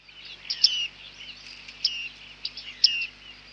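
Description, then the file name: Bearded reedling calls, a few bright, downward-sliding pings with softer twitters between them. "Bearded Tit (Panurus biarmicus)"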